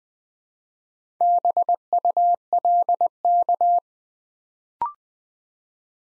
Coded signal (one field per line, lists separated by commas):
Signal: Morse code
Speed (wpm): 20 wpm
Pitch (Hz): 700 Hz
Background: none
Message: BULK